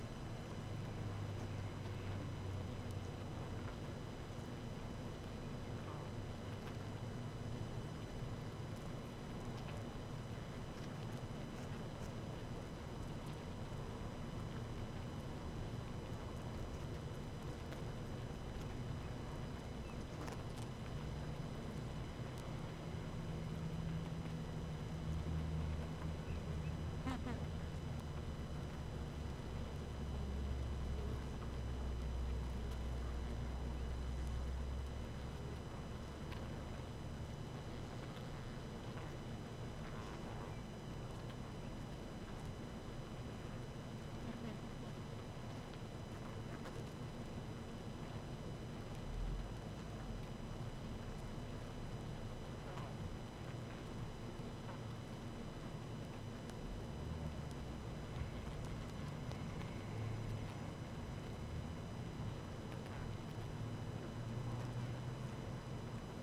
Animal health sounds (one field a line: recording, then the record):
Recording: honeybee colony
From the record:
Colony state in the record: active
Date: 12 June 2018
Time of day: 18:20